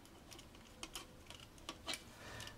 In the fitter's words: and that clicked in place